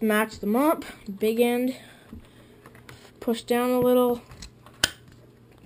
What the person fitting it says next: hear the click you're good